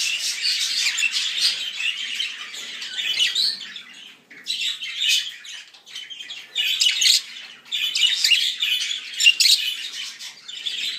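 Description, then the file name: Budgerigar giving scratchy chattering calls in uneven bursts, with a brief pause about a third of the way through before the rapid chirping resumes. Show-type budgerigar from a breeder. "vystavocnyi volnistyi popugai. king parrotru"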